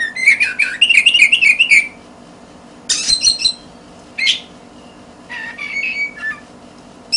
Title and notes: suara kacer. kumpulan suara burung kacer